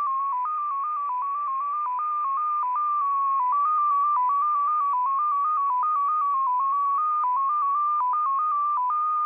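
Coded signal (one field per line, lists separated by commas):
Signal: numbers station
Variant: XPA2 MFSK data mode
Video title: XPA2 Data Mode 27/09/2023 0910 UTC 18206kHz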